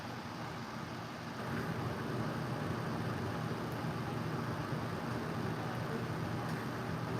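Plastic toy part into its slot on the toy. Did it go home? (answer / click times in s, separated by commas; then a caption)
no / none. A plastic collectible toy part is being pushed toward its slot on the toy, but it does not fit and nothing has clicked into place. Only a steady broadband rumble is heard, growing slightly louder after about 1.5 s, with no sharp hits at any point.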